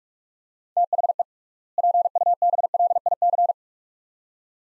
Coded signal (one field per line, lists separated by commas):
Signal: Morse code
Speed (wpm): 47 wpm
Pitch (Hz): 700 Hz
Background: none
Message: THE PUBLIC